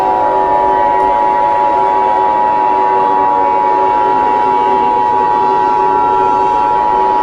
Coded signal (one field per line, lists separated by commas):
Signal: Emergency Alert System (SAME) tones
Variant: 853 and 960 Hz attention tone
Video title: EAS scenario 6: whitty’s explosion part 4 it’s still going